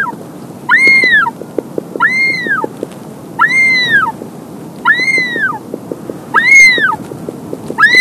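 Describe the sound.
Wandering albatross calls: drawn-out, arched wailing notes rich in harmonics, rising then falling, repeated about every one and a half seconds over faint rapid ticking.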